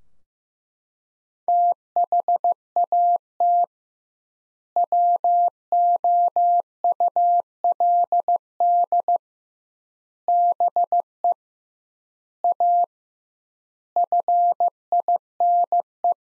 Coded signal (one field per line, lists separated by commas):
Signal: Morse code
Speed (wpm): 16 wpm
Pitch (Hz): 700 Hz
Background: none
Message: THAT WOULD BE A FINE